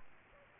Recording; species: mosquito wingbeat signal from an infrared sensor; Aedes aegypti